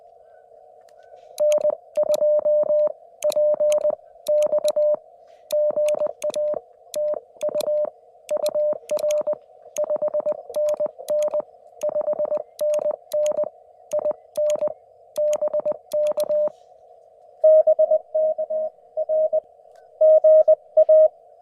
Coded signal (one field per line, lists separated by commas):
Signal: Morse code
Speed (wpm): 21 wpm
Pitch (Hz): 590 Hz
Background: none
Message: N2PX GA TU UR 5NN 5NN IN BK BK R GA